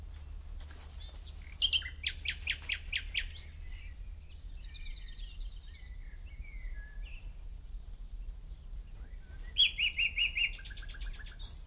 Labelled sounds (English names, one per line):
Common Nightingale song